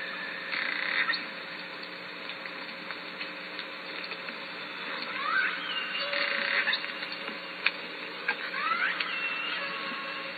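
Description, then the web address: Killer whale calls underwater, two rising, upswept squeals near the middle and end, with scattered clicks and a constant hum of background noise. Southern Resident killer whales recorded at Lime Kiln in June; catalogued calls. "SRKW call-catalog Orca Calls Lime Kiln June"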